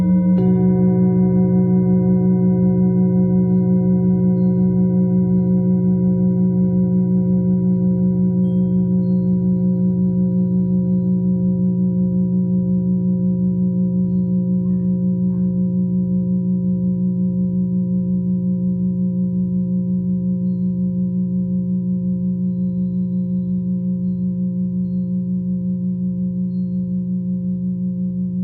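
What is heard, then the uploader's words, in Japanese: A singing bowl hums with a steady, sustained tone that begins with a strike and rings for the whole stretch. The sound is rich and warm in the low-middle range, with a slow regular pulsing wobble throughout. Loudness barely fades, staying full. シンギングボウルライブ。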